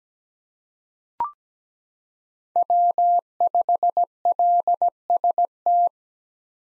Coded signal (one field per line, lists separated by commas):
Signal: Morse code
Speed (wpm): 17 wpm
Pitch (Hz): 700 Hz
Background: none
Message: W5LST